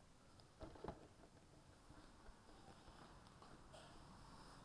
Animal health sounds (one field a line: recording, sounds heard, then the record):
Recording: poultry house recording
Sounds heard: no chicken sound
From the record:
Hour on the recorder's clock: 19